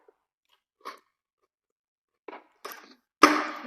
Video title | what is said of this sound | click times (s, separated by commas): Ryobi 40V Cordless String Trimmer and Leaf Blower Combo Kit w/ 4.0 Ah Battery Unboxing and Review | so it snaps into place | 3.2 s